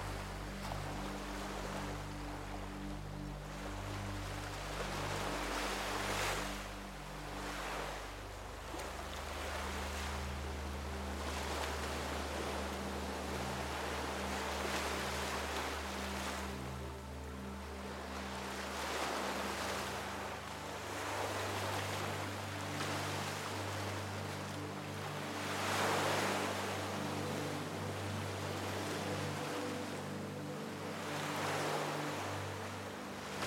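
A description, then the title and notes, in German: Ocean sound with a soft, calm melody over it. Waves swell and break every few seconds in a steady, dense wash, while low sustained tones shift slowly underneath, stepping to new pitches around ten and twenty seconds. The level stays fairly even throughout. Geräusch des OZEANS und Beruhigende MELODIE.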